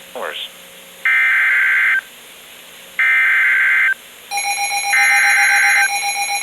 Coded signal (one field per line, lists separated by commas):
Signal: Emergency Alert System (SAME) tones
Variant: header bursts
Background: speech